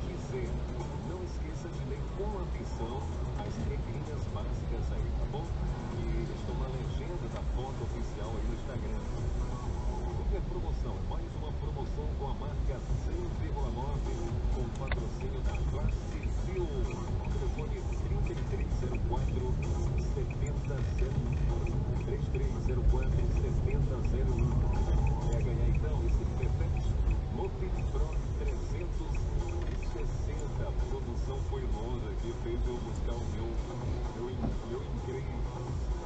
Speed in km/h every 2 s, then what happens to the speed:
0, 0, 0, 3, 7, 9, 9, 10, 14, 17, 17, 19, 12, 8, 6, 5, 0, 0.
0-5 standing. 5-21 pulls away to 19. 21-31 slows to 0. 31-36 standing.